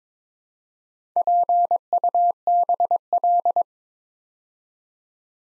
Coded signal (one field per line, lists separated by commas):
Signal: Morse code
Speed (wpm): 23 wpm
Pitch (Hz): 700 Hz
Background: none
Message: PUBL